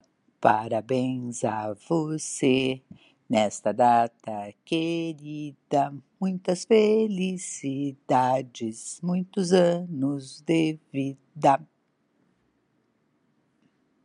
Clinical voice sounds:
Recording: short text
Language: Brazilian Portuguese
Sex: female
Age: 60 to 69 years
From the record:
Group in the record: control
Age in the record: 60 years

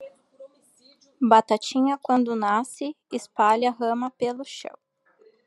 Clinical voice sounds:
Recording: short text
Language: Brazilian Portuguese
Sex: female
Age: 30 to 39 years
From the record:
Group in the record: control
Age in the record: 34 years

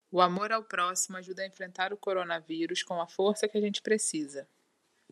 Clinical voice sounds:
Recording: spoken sentence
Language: Brazilian Portuguese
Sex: female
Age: 30 to 39 years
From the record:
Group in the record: control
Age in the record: 34 years

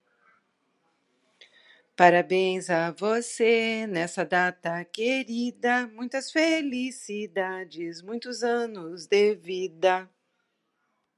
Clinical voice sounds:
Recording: short text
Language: Brazilian Portuguese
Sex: female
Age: 60 to 69 years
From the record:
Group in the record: control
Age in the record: 65 years

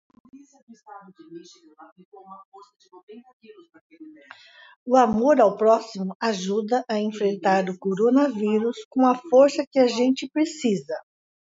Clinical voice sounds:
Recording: spoken sentence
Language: Brazilian Portuguese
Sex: female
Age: 70 to 79 years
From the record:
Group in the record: control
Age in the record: 70 years

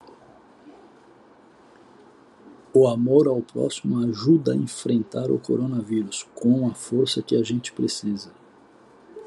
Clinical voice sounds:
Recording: spoken sentence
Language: Brazilian Portuguese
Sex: male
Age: 60 to 69 years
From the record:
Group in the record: control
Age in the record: 65 years

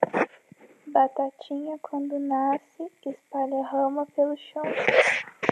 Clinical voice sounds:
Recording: short text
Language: Brazilian Portuguese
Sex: female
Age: 20 to 29 years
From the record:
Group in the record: control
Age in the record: 24 years

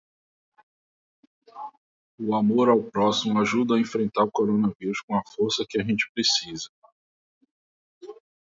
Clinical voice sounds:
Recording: spoken sentence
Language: Brazilian Portuguese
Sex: male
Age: 40 to 49 years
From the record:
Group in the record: control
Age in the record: 41 years

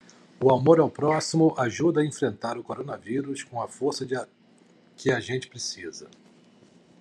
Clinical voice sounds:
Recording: spoken sentence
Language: Brazilian Portuguese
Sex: male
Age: 50 to 59 years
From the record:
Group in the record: control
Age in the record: 51 years

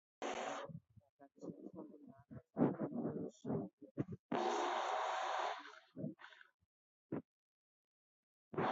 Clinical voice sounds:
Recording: short text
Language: Brazilian Portuguese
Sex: female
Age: 40 to 49 years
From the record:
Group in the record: control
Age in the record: 42 years

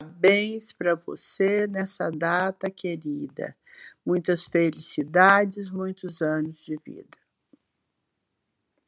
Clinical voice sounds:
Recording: short text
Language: Brazilian Portuguese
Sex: female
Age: 70 to 79 years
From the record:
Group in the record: control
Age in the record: 76 years

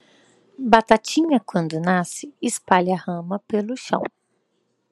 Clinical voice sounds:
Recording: short text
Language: Brazilian Portuguese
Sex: female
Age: 40 to 49 years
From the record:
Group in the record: control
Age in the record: 40 years

